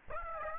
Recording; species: mosquito wingbeat signal from an infrared sensor; Aedes aegypti